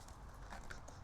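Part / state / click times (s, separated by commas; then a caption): 120 V adapter plug into portable EV charger body / seated / 0.7 s. The 120 V plug pigtail adapter is lined up with the socket on top of a Lectron portable Level 1 & Level 2 J1772 EVSE charger and pushed in. After a few faint handling taps, a sharp click sounds at 0.7 s as the plug seats in position.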